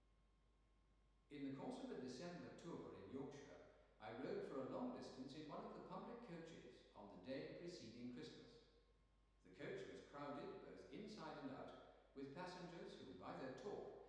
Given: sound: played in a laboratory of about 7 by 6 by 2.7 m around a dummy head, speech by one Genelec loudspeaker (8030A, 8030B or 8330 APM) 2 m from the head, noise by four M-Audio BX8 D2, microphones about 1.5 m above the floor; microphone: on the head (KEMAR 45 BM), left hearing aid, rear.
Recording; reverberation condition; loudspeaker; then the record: male speech in English; high; 150 degrees to the right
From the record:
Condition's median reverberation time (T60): about 1300 ms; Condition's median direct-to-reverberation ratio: about -4.0 dB